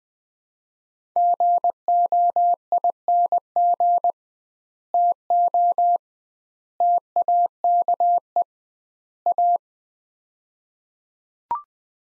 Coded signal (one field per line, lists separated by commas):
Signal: Morse code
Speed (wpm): 20 wpm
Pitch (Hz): 700 Hz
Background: none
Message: GOING TO TAKE A